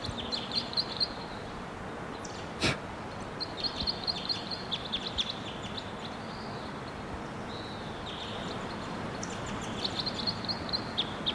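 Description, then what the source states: White-winged Crossbill song: bursts of rapid high chips and short trills, with a buzzy note near eight seconds, over steady background hiss and one sharp click. Red male perched in the top of a tall tree, singing.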